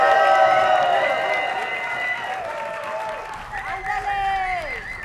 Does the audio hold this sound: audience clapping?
yes